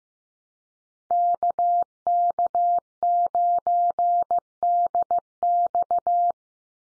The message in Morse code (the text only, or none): KK9DX